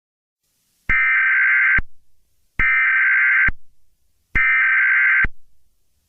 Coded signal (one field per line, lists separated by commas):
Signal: Emergency Alert System (SAME) tones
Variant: header bursts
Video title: EAS Scenario - Serial Killer